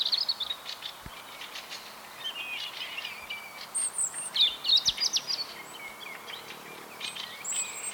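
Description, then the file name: European robin song: high, thin whistled phrases with rapid trilled notes and fluting slides, gaps between bursts, steady low hiss beneath. "Erithacus rubecula"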